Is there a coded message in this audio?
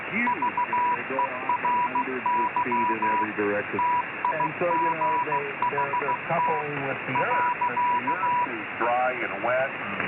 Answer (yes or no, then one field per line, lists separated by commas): yes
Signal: Morse code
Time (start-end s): 0.3-8.5 s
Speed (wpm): 15 wpm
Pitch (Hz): 980 Hz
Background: speech, radio noise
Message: VERY TIGHT .